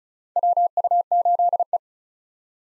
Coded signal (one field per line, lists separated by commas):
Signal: Morse code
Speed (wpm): 36 wpm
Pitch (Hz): 700 Hz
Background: none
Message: WU8E